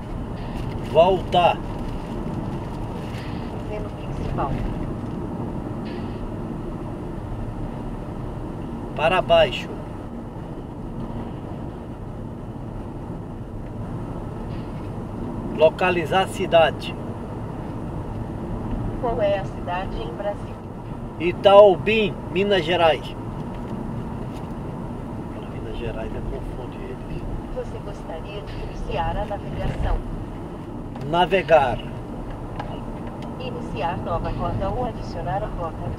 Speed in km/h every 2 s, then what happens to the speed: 66, 66, 62, 60, 59, 61, 63, 64, 67, 65, 65, 65, 63, 61, 60, 60, 62, 63.
0-5 slows to 60. 15-36 steady at about 63.